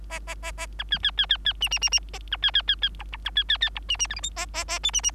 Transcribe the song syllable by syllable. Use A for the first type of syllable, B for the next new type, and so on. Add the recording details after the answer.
A A A A B C C C C C D D D D A B C C C C E E B C C C E D D F G H A A A I D D. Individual Bird3